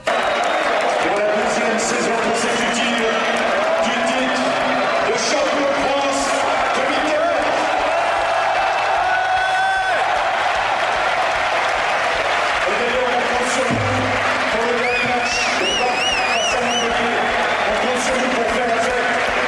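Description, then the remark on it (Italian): A large stadium crowd at the Parc des Princes (Parco dei Principi) in Paris, half of it whistling after a 2-1 home defeat to Rennes, keeps up a loud, steady roar with shrill whistles cutting through it; near the end several high, warbling whistles rise clearly above the din. “Parco dei Principi che per metà fischiava dopo questa sconfitta interna con il Rennes 2-1”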